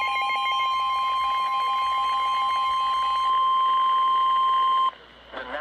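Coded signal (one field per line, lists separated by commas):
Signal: Emergency Alert System (SAME) tones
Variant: 1050 Hz attention tone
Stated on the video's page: Flash flood warning from NWS New York.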